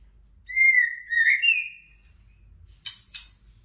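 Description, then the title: White-rumped shama song, a smooth, rising and falling whistled phrase followed by two short, harsh scratchy notes. "Kicau Murai Batu"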